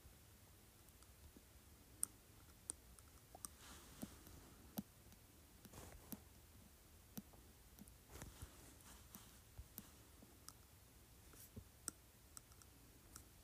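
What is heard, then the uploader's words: A glass object taps against teeth in short, sharp clicks, scattered irregularly at roughly one or two per second with brief clusters. The clicks are bright and brittle. Between them a soft, steady low hiss and faint rustling fill the background. Tapping Glass Object on Teeth.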